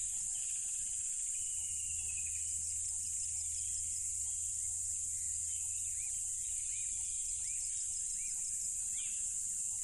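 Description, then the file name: Crickets trill steadily at a high pitch, with short arching chirps toward the end, over a low humming rumble in the middle. Loud crickets at a tropical river. "smartsound ATMO NATURE Tropical River Loud Crickets"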